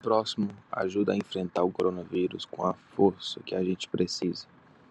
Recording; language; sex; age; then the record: spoken sentence; Brazilian Portuguese; male; 20 to 29 years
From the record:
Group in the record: control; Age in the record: 25 years